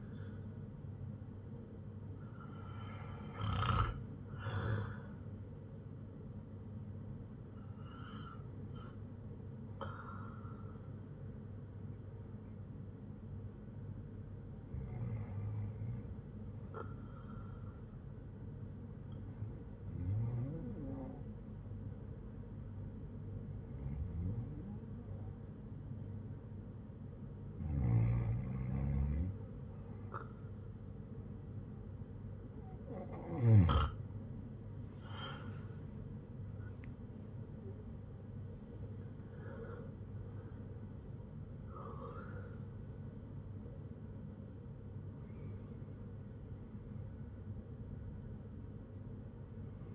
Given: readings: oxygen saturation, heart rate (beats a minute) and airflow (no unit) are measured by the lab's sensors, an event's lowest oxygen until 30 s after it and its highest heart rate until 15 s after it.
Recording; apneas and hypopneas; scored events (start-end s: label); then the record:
breathing in sleep by a smartphone at the bedside; 1
20.00-44.50 s: hypopnea (REM, oxygen 97% highest, then 94% lowest, heart rate 71 at the start, 93 highest)
45.00-49.95 s: new sleep stage, N1 (lightest sleep)
From the record:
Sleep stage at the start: REM sleep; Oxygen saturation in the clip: 92 to 97%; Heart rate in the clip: 66 to 93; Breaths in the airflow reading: 11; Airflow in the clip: -12.0 to 12.4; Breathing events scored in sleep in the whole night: 182 in 7.4 hours asleep